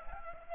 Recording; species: mosquito wingbeat signal from an infrared sensor; Aedes aegypti